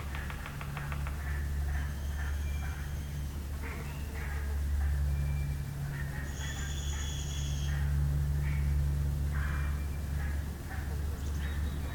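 A walk through the Beverly Swamp, with a steady low hum running underneath the whole time. Short chirps and calls pop up scattered across the clip, and a clear, high drawn-out note sounds from about six to eight seconds.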